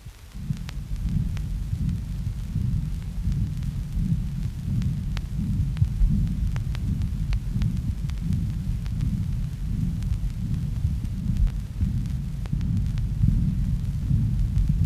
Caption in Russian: Аускультация сердцебиения плода при предлежании или низком прикреплении детского места дает возможность прослушать шум сосудов матери и плаценты.